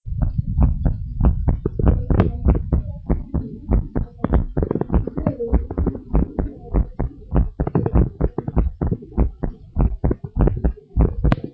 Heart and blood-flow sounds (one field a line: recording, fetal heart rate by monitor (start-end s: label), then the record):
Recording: heart sounds of a pregnant woman by stethoscope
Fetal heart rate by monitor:
no fetal heartbeat
From the record:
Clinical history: severe hypoglycemia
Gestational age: 35 weeks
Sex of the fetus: girl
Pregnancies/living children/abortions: 1/0/0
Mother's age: 22 years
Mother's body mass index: 23.2